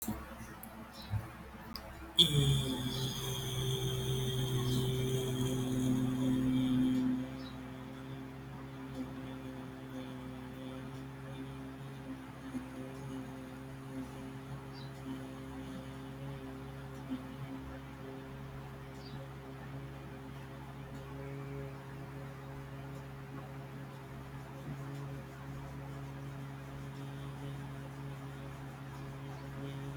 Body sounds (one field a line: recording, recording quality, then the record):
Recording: sustained vowel as in beet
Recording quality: moderate, slight background noise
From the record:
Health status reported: respiratory illness, not identified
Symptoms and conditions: asthma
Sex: male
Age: 27 years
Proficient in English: yes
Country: India